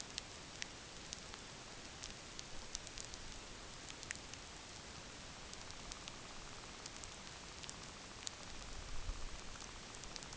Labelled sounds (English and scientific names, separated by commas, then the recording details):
Sanderling (Calidris alba)
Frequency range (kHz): Sanderling (Calidris alba) 0.2-2.5 kHz
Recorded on Arctic tundra, site NAIT-1, on 27 June 2019
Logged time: 20:00